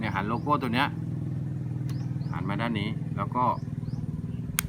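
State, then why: Seated. Someone talks while twisting and pushing the tip attachment of a Xiaomi camera ear pick onto its handle, lining up the logo, over a steady low hum. A single sharp click at 4.6 seconds marks the tip seating onto the handle, after a first attempt that didn't go in.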